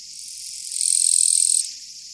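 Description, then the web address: Japanese katydid giving one high, dry buzz that swells for about a second and then stops. "sikioto insect kirigirisu"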